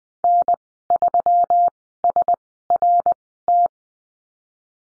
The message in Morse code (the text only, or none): N3SRT